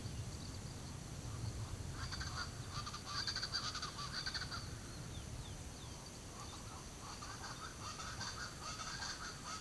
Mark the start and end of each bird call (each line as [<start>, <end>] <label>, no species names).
[1.95, 4.66] bird call
[5.07, 5.99] bird call
[6.47, 9.61] bird call